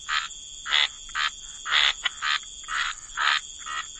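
Frog chorus: several separate rough, buzzy croaks in quick succession, with a constant thin high whine running underneath.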